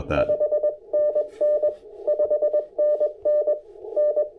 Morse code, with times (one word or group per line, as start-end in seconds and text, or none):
0.2-1.7 5NN
2.1-3.5 5NN
4.0-4.2 N